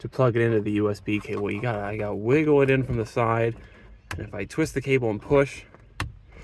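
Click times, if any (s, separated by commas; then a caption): 6.0 s. During a Viofo A229 Duo dash cam install in a 2020 BMW X3 (G01), the large USB plug is wiggled in from the side, the cable is twisted and pushed into the dash cam power cable's USB socket behind the trim while someone talks. A sharp, short snap is heard at 6.0 s as the connector seats.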